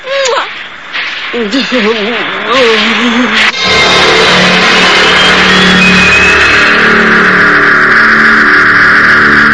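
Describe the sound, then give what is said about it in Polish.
In Dragon Ball Z, a wavering, rising engine-like whine over a voice gives way to a loud, sustained roaring rush as the vehicle speeds up, holding steady and strong to the end. “Smoku, dodaj gazu.”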